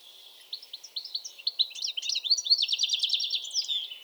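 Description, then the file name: European goldfinch twittering song, a rapid run of tinkling, buzzy high notes that grows louder and denser after a quieter start. "Carduelis carduelis"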